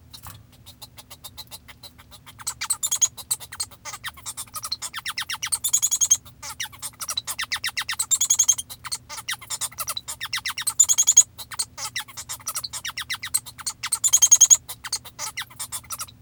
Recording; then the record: song of a male Bengalese finch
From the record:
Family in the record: father 1